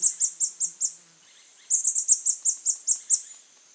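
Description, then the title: White-chinned sapphire: five high, piercing notes, a short pause, then a longer rapid string of about nine similar notes. Nominate subspecies Hylocharis cyanus cyanus. "LuckyPassaro Completos2Sama. White-chinned Sapphire"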